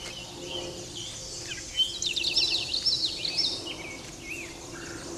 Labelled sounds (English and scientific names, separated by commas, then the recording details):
Common Yellowthroat (Geothlypis trichas) song
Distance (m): 10 m
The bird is about level with the microphone
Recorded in a Pennsylvania forest on 16 May 2024 at 08:05
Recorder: AudioMoth, point MSD-1293
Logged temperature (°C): 12.0 °C
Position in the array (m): 57 m, 145 m